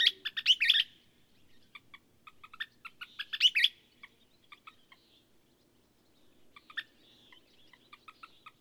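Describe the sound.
Bird song: a loud warbled flourish, a run of clipped notes, another flourish, then softer note series, with a faint low hum.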